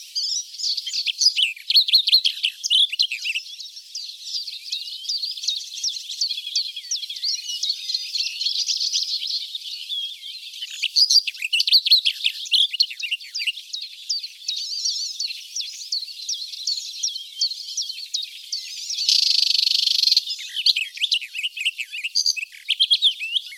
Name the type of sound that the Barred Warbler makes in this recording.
song